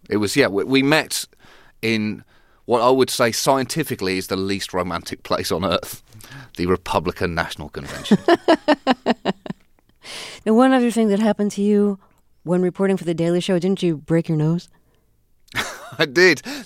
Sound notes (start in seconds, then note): 7.8 soundbite of laughter; 15.5 soundbite of laughter